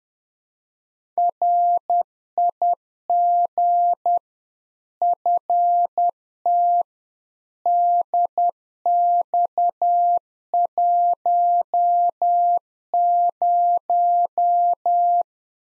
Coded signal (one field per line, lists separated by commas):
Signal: Morse code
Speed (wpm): 10 wpm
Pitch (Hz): 700 Hz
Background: none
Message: RIG FT DX10